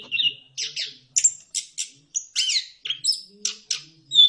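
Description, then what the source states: Bird song of separate sharp chirps and whistles in quick succession, some buzzy, others clear and high. Bird chirping song played for training and mastering pet birds.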